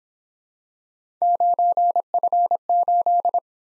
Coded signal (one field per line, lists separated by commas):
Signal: Morse code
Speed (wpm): 27 wpm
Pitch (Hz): 700 Hz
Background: none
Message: 9F8